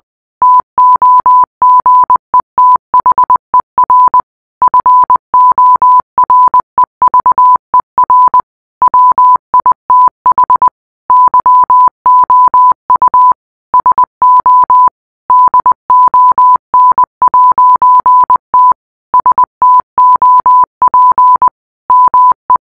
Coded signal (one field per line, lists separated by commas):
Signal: Morse code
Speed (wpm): 20 wpm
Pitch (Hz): 1000 Hz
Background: none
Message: TOGETHER FOREVER WITH YOU SO DON'T STOP ME